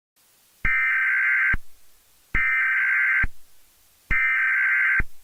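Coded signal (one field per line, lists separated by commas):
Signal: Emergency Alert System (SAME) tones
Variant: header bursts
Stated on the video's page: Fictional EAS scenario.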